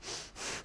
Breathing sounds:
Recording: one breath in and out by a microphone near the nose and mouth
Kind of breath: strong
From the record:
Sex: female

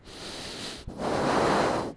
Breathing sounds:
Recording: one breath in and out by a microphone near the nose and mouth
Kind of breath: deep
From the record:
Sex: male

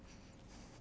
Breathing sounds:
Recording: one breath in and out by a microphone near the nose and mouth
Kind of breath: strong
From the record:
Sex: male

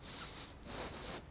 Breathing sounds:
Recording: one breath in and out by a microphone near the nose and mouth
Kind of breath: strong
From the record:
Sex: male

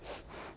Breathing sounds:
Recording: one breath in and out by a microphone near the nose and mouth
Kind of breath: strong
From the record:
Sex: female

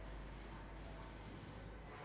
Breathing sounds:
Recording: one breath in and out by a microphone near the nose and mouth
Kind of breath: normal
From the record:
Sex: male

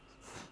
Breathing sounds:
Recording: one breath in and out by a microphone near the nose and mouth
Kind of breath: strong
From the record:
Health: marked as sick, illness not named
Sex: female

